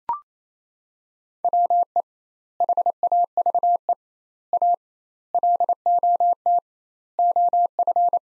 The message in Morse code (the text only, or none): WE HAVE A LOT OF